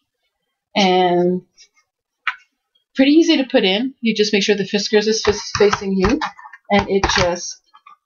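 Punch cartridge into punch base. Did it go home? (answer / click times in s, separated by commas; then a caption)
no / none. Someone talks while a plastic punch cartridge for a Fiskars AdvantEdge Punch System is handled and brought toward the punch base with its marked side facing the user, with faint handling taps around 2.3 s and near the end. The cartridge has not clicked into the base yet; nothing has seated.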